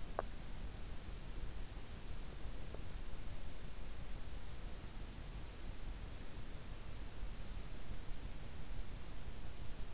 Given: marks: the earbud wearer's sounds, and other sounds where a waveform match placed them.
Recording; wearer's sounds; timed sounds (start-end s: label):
sounds in sleep by an in-ear microphone; teeth grinding
0.00-0.45 s: teeth grinding